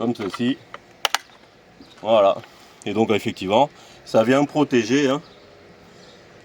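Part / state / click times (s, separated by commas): plastic protective cap onto the top of a robotic lawn mower / seated / 1.1 s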